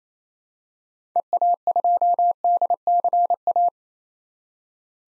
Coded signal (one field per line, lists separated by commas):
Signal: Morse code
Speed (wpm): 28 wpm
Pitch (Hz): 700 Hz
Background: none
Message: EA2DCA